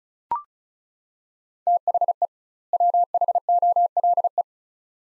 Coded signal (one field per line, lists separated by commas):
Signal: Morse code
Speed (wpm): 36 wpm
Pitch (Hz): 700 Hz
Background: none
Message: THE WHOLE